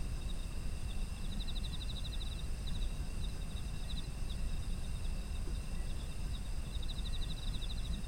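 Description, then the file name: Insect chorus with steady high whining tones, broken by bursts of fast pulsed chirping that recur throughout, above a constant low rumble. Ambient sound of autumn insects. "秋の虫の環境音"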